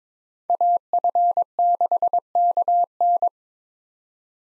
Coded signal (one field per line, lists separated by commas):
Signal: Morse code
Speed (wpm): 21 wpm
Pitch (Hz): 700 Hz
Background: none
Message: AF6KN